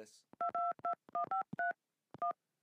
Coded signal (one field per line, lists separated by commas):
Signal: DTMF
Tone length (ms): 120 ms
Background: speech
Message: 222153 1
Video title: HOW TO DO THE MARIO THEME SONG ON KEYPAD